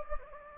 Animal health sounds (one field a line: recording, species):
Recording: mosquito wingbeat signal from an infrared sensor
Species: Anopheles gambiae